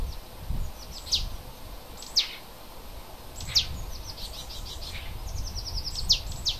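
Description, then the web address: Bird song of sharp, high descending notes, mostly single with a pair at the end, and a brief fast series of faint notes near the end, over soft low background noise. Native forest bird, recorded in February. "oeko wald- vogel februar vogel heimisch"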